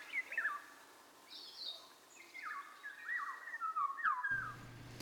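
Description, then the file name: Eurasian golden oriole song: a few fluted, gliding whistled phrases. "sargarigo"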